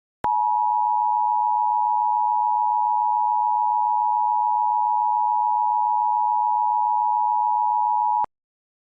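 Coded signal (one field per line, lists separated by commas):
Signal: Emergency Alert System (SAME) tones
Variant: 853 and 960 Hz attention tone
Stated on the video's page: Fictional analog-horror EAS scenario about a sudden unnatural temperature drop, with audio made in Audacity and Balabolka.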